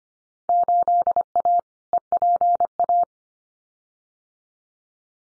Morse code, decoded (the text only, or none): 8A EPA